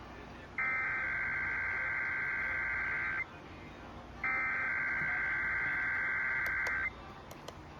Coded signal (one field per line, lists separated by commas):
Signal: Emergency Alert System (SAME) tones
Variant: header bursts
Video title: EAS- More Monsoon Storm Alert Catches, an RMT, and a NWR Weekly (8/26/25-8/27/25)